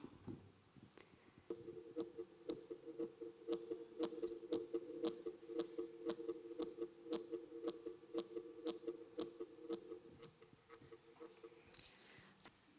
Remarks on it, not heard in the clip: That is the sound of my heartbeat live. A very fast heart rate because I feel like I'm under threat.